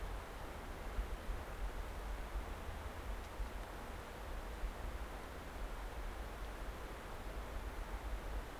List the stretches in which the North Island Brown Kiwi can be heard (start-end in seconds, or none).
none